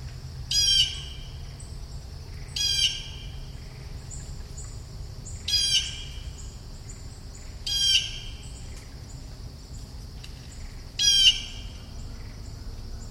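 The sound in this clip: Bird uttering five brief, rasping squawks at uneven intervals of a few seconds, each coarse and buzzy, over soft background noise.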